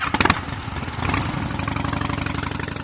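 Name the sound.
motorcycle engine revving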